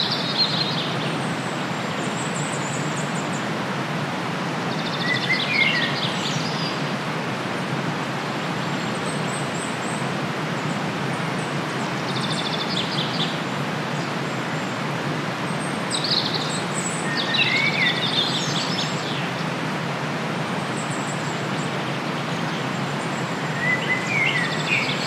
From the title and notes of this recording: Relaxing Sounds by the River. A trickling brook in the woodland is soothing.